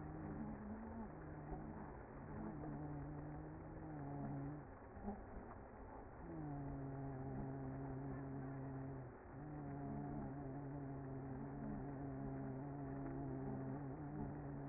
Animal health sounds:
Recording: honeybee colony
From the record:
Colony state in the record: active

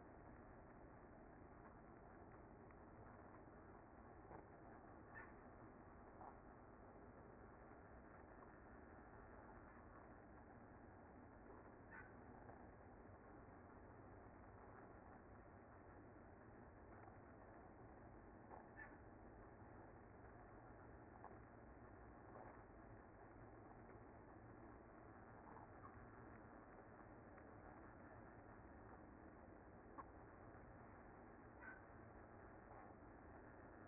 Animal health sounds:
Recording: honeybee colony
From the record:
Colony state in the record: active

